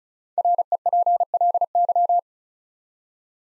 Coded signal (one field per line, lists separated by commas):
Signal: Morse code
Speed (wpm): 36 wpm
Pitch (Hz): 700 Hz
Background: none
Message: REPLY